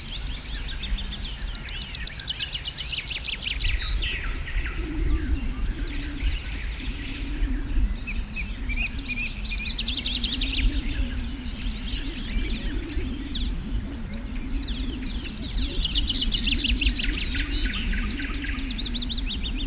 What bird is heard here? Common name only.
Tree Pipit